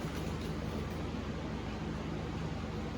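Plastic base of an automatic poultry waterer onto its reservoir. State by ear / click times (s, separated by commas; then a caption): not seated / none. The plastic base of an automatic poultry waterer is lined up by its slots onto the upside-down plastic reservoir before being locked. A steady broadband rush with a low hum runs throughout, with no sharp sounds. Nothing has seated or clicked yet.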